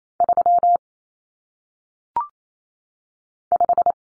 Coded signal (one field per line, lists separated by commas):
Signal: Morse code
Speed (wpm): 28 wpm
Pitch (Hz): 700 Hz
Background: none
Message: 3 5